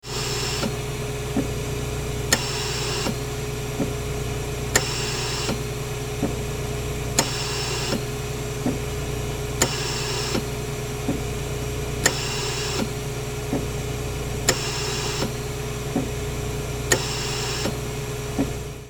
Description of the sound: Hospital Ventilator.